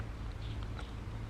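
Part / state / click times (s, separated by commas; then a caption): sinking weight into live bait container lid / not seated / none. With the gasket removed, a plastic accessory weight is pushed toward its place in the select lid of a bait container; once in, its undercut keeps it permanently in. Over a steady low hum, two brief handling taps are heard at about 0.6 and 0.8 seconds. The clip ends before the weight goes home, so nothing has seated or snapped yet.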